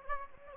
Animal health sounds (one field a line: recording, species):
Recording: mosquito wingbeat signal from an infrared sensor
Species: Anopheles gambiae